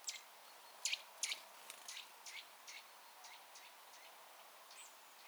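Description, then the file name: Eurasian nuthatch giving a soft note, then two loud, sharp high notes, followed by a run of softer notes that fade away. "Sitta europaea"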